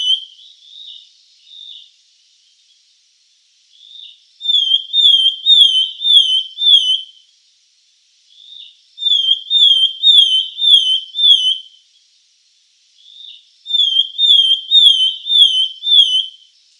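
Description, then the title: Sultan tit calling with repeated bursts of five or six bright, slurred whistles, each burst preceded by a softer note, repeating roughly every four to five seconds. Subspecies gayeti. "Sultan Tit (Melanochlora sultanea gayeti)"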